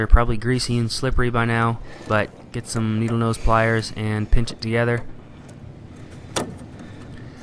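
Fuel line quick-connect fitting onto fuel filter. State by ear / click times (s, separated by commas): seated / 6.4 s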